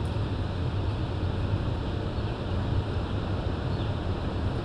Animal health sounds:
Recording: poultry house recording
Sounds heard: healthy chickens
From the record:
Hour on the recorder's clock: 20

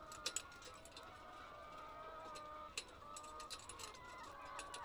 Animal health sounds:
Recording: poultry house recording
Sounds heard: healthy chickens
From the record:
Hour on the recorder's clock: 5

